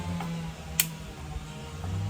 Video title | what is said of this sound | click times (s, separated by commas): Love Jugs Single Replacement Fan Install Harley Davidson | Hear that snap? | 0.8 s